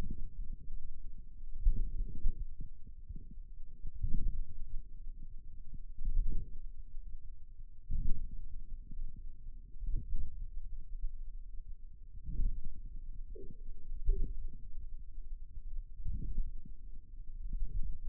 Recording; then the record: forearm muscle sounds (acoustic myography)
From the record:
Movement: outward rotation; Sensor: system 2, bracelet of six BSWA MPA416 microphones around the upper forearm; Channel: 4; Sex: male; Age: 22 years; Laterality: right